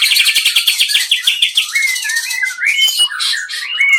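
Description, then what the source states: White-rumped shama singing a quick series of buzzy rhythmic notes followed by looping, fluty whistled phrases rising and falling. Murai song of the Medan type.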